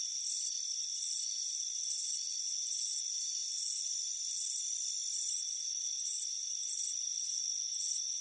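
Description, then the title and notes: High cricket chirping in evenly spaced trilled bursts, a little more than one per second, with a steady buzzing hum underneath. Chirping on a warm afternoon by a front porch. "Soothing Crickets Chirping Sound. It's a warm afternoon as you relax in a hammock on the front porch. Deep Sleep Sounds"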